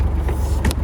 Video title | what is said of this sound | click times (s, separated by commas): 25095 Smart Fortwo Convertible OMG. | On each side of the top underneath, there's a button that you press to unlock it. | 0.6 s, 0.7 s